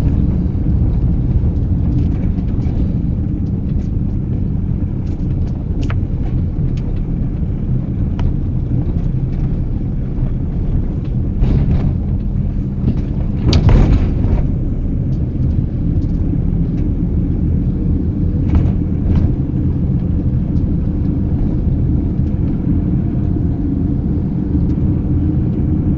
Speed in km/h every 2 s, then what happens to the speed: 25, 21, 20, 20, 21, 20, 22, 25, 27, 27, 28, 30, 32.
0-10 steady at about 20. 10-26 speeds up to 32.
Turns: 0-11.